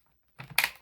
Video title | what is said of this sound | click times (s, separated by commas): UWANT Wet Dry Vacuum Cleaner with self cleaning Anti Odor Review | and you just hear those two click into place. | 0.4 s, 0.6 s